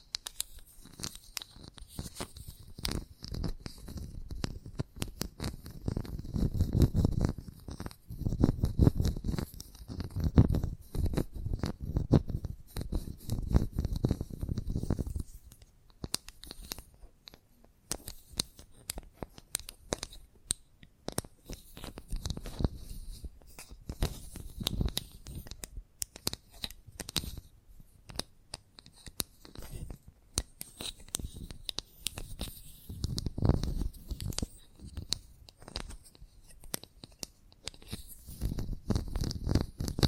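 Chalk scratching and scraping in dense, rapid strokes, with thick low rasping bursts through the first fifteen seconds. After a quieter stretch of lighter scratches and taps around fifteen to twenty seconds, heavier scraping returns in bursts near 25, 33 and 39 seconds.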